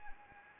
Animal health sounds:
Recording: mosquito wingbeat signal from an infrared sensor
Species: Anopheles arabiensis

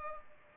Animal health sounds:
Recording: mosquito wingbeat signal from an infrared sensor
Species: Culex pipiens

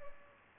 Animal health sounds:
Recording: mosquito wingbeat signal from an infrared sensor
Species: Culex pipiens

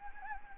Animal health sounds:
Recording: mosquito wingbeat signal from an infrared sensor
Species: Anopheles gambiae

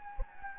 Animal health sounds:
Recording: mosquito wingbeat signal from an infrared sensor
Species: Anopheles gambiae

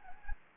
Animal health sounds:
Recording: mosquito wingbeat signal from an infrared sensor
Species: Anopheles gambiae

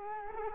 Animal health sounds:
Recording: mosquito wingbeat signal from an infrared sensor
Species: Culex quinquefasciatus

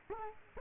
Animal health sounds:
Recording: mosquito wingbeat signal from an infrared sensor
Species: Culex quinquefasciatus

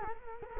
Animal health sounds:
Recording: mosquito wingbeat signal from an infrared sensor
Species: Culex quinquefasciatus

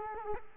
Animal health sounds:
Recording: mosquito wingbeat signal from an infrared sensor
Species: Culex quinquefasciatus

